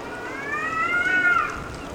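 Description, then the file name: Cat yowling: one tense, drawn-out wail that rises and then falls over about a second, heard over steady background noise. Cats fighting. "levent cat fight"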